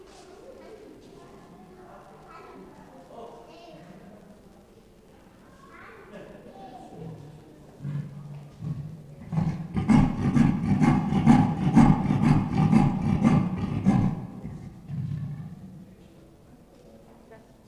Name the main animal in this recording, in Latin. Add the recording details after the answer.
Panthera pardus. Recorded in captivity. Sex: female. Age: adult. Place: Zoo Berlin, Berlin, DE. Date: 1960-04-03. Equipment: Reporter (Vollspur). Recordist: TSA